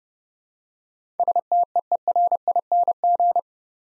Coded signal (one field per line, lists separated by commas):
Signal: Morse code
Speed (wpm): 30 wpm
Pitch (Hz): 700 Hz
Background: none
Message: STEERING